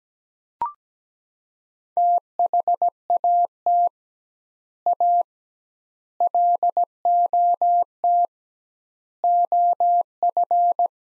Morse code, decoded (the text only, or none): THAT A LOT OF